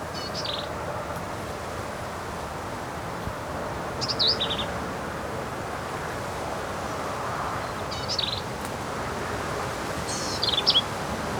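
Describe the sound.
Black-capped vireo song: emphatic, squeaky, varied phrases a few seconds apart, each short and jumbled, over light background noise.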